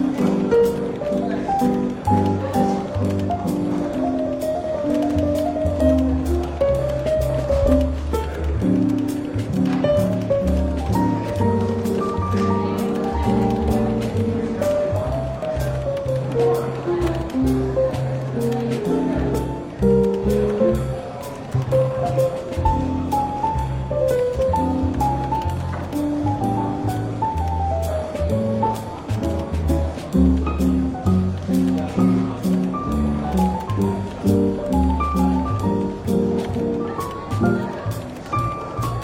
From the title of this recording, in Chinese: 伦敦书店咖啡馆轻微喧闹氛围与柔和轻松的爵士背景音乐